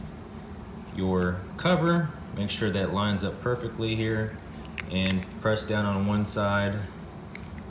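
Someone talks while lining up a plastic key fob cover half with the key fob housing of a Lexus key fob (CR2032 3V battery replacement) and pressing down on one side. Two faint short ticks occur near 7.4 and 7.6 seconds, but the cover has not snapped shut and nothing has seated or clicked yet.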